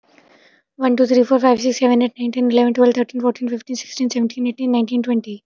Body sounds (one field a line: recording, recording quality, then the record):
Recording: counting at a fast pace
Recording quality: excellent, no background noise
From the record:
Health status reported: healthy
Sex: female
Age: 27 years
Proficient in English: yes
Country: India